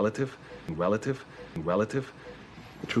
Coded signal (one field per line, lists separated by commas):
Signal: none